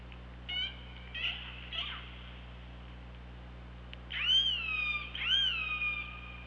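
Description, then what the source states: Killer whale calls: three short soft calls, a pause, then two loud harmonic calls with a high rising-falling tone, about a second apart, over steady low hum. OrcaLab hydrophone, 24 August 2017, 15:21.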